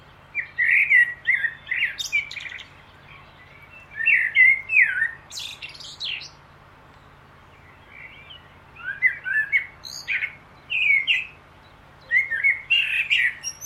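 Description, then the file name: Common blackbird song with repeated mellow warbles and scratchy high twitter endings, about four phrases spaced a couple of seconds apart, a low hum steady underneath. "Turdus merula"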